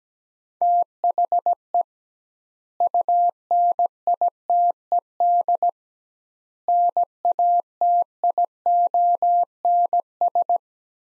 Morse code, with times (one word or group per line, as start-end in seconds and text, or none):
0.6-1.8 THE
2.8-5.7 UNITED
6.7-10.6 NATIONS